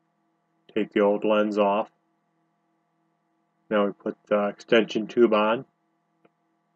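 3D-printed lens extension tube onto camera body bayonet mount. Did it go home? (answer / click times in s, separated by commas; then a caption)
yes / 6.2 s. Someone talks as a 3D-printed plastic extension tube is twisted onto a Canon camera body's bayonet lens mount after the old lens is removed. A single faint click sounds at 6.3 s as the tube seats onto the mount.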